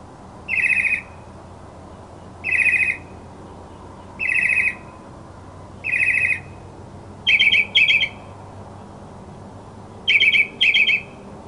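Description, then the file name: Mockingbird song: harsh, buzzy rasping notes repeated roughly every two seconds, shifting to paired, sharper buzzes. Mockingbird song recording presented as masteran, a tutor recording for training songbirds. "suara masteran mockingbird"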